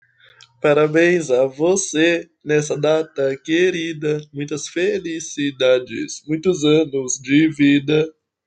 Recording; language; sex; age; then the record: short text; Brazilian Portuguese; male; 20 to 29 years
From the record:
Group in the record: control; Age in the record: 25 years